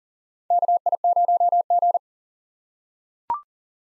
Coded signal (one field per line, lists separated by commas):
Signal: Morse code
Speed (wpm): 37 wpm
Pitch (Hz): 700 Hz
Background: none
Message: KI0G